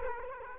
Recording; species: mosquito wingbeat signal from an infrared sensor; Culex quinquefasciatus